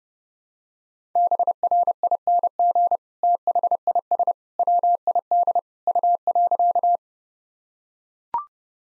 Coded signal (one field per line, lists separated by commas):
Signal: Morse code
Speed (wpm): 30 wpm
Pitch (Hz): 700 Hz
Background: none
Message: BRING THIS WID U.